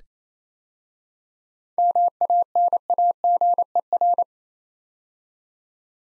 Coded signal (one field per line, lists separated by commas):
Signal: Morse code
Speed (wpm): 29 wpm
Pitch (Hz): 700 Hz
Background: none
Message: MANAGER